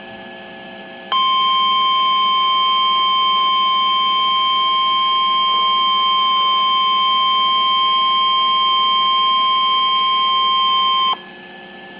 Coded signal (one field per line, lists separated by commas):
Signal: Emergency Alert System (SAME) tones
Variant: 1050 Hz attention tone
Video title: Severe Thunderstorm Warning for North Central TX | EAS - NOAA Weather Radio (4/3/2012)